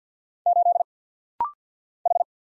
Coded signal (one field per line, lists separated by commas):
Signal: Morse code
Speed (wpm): 50 wpm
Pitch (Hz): 700 Hz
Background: none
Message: 8 H